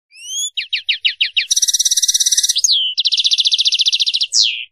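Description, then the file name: European goldfinch singing a lively twittering phrase: rising slurred notes, a series of short downslurred notes, then buzzy trills ending in a downslurred note. "chardonneret"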